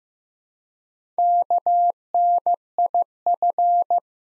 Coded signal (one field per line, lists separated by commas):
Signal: Morse code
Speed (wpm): 15 wpm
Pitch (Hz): 700 Hz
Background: none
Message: KNIF